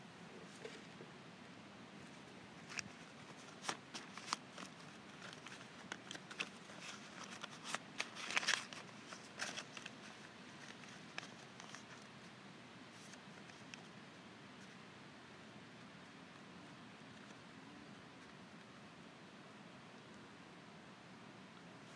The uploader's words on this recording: ASMR Index Cards.